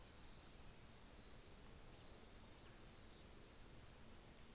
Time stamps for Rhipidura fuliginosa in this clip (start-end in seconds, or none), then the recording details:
none. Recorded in New Zealand on 24 December 2018. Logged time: 13:30